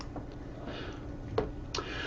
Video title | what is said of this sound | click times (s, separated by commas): Sound Theory - Speakers, baffles & more! (Webinar 5) | and the speaker baffle assembles by snapping everything together | 1.4 s, 1.8 s